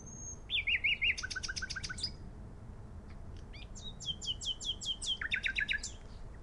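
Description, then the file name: Common nightingale song with a thin whistle, a looping run of quick notes, rapid rattles, then a sequence of sweeping repeated chirps near the end. "Luscinia megarhynchos"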